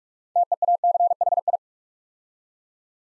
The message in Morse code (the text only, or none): TEACHI